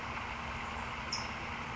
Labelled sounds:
California Towhee (Melozone crissalis)
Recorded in Sonoma County, California

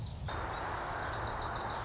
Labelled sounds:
Wilson's Warbler (Cardellina pusilla)
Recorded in Sonoma County, California

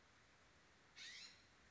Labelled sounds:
California Scrub-Jay (Aphelocoma californica)
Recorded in Sonoma County, California

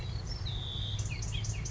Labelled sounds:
House Finch (Haemorhous mexicanus)
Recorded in Sonoma County, California

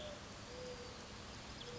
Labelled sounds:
Mourning Dove (Zenaida macroura)
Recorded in Sonoma County, California

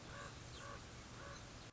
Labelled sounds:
Common Raven (Corvus corax)
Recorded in Sonoma County, California

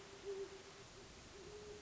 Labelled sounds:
Great Horned Owl (Bubo virginianus)
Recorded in Sonoma County, California

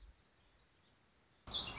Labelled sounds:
Warbling Vireo (Vireo gilvus)
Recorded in Sonoma County, California

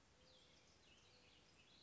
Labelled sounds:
Cassin's Vireo (Vireo cassinii)
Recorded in Sonoma County, California

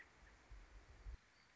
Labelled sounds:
American Robin (Turdus migratorius)
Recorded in Sonoma County, California

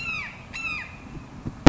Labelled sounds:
Red-shouldered Hawk (Buteo lineatus)
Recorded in Sonoma County, California

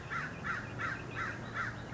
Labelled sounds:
American Crow (Corvus brachyrhynchos)
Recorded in Sonoma County, California

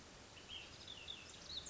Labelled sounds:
Ash-throated Flycatcher (Myiarchus cinerascens)
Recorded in Sonoma County, California

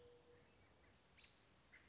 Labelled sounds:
American Robin (Turdus migratorius)
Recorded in Sonoma County, California

